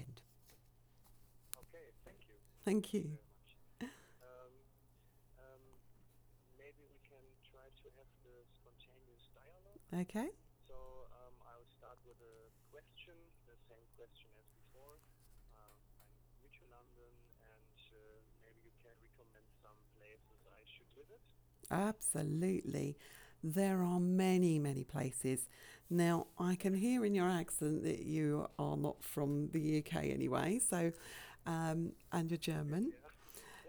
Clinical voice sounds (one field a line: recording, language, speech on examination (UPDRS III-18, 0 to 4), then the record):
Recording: conversation on a phone call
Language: English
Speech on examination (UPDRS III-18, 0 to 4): 0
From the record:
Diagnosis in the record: healthy control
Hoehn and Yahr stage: 0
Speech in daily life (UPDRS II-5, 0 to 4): 0